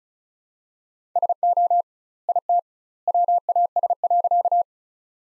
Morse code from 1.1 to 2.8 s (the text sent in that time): SO IT